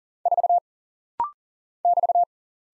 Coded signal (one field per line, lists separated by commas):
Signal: Morse code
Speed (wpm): 40 wpm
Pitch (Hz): 700 Hz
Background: none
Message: 4 <BT>